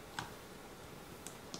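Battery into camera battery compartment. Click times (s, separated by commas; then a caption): 1.3 s, 1.5 s. A rechargeable battery is pushed down into an underwater camera's battery compartment, with a first short click at 0.2 s. The small side latch button then double-clicks at 1.3 s and 1.5 s, and the battery is seated in place.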